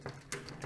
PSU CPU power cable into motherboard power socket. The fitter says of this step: and again that pushes and locks into place and will feed the additional cable like the back